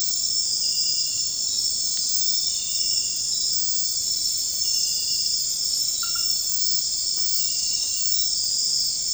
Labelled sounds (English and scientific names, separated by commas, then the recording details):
none
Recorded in secondary vegetation near Puerto Asís, Putumayo, Colombia, on 4 March 2025 at 00:30
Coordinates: 0.484, -76.319
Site G010